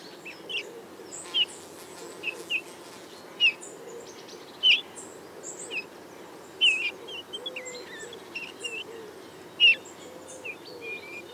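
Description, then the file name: Eurasian bullfinch calls: brief whistled notes at irregular intervals, some paired, with other faint bird chirps and a low wavering background drone. "Pyrrhula pyrrhula"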